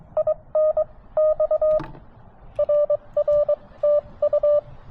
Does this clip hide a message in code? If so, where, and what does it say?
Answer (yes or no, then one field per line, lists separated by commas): yes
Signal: Morse code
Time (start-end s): 0.2-4.6 s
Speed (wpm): 23 wpm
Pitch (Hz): 590 Hz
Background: none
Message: INX RR TU